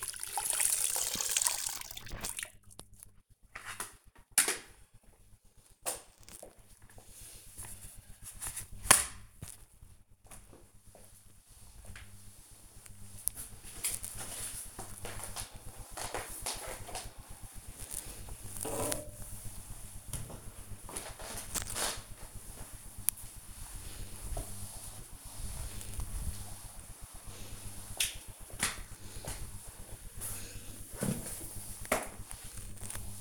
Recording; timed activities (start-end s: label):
household activities, microphone on the right wrist
0.00-33.21 s: floor cleaning